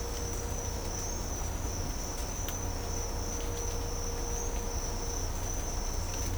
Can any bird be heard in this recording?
no